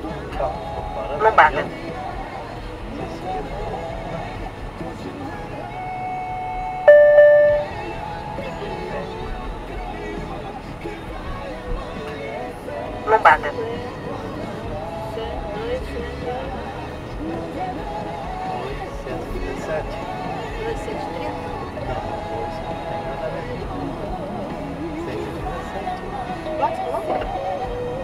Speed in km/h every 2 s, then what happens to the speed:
43, 44, 43, 40, 23, 26, 39, 45, 49, 54, 55, 57, 60, 63.
0-6 steady at about 43. 6-8 brakes to 23. 9-28 speeds up to 63.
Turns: none.